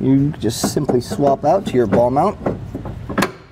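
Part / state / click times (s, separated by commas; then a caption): trailer hitch ball mount into hidden hitch receiver / seated / 3.2 s. Someone talks while a steel trailer hitch ball mount is pushed up into a Stealth Hitches hidden trailer hitch receiver on a 2022 BMW X5. It latches with a sharp click at 3.2 s, seating solidly.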